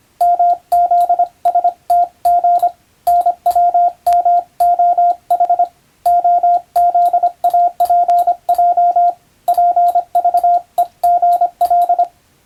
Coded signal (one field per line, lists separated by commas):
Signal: Morse code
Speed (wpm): 25 wpm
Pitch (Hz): 700 Hz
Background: radio noise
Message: MZSTG NWMOH OZAPJ PVEGL